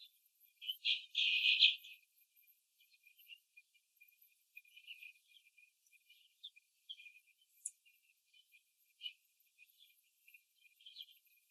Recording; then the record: young laying hens in a cage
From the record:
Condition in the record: before the stressor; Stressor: simulated dog barking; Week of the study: 2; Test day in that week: 3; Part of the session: 4